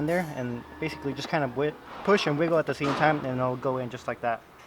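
A plastic section of the engine air filter housing is being pushed and wiggled at the same time into the airbox of a 2006 Nissan Altima while someone talks. Nothing has seated or clicked yet by the end of the clip.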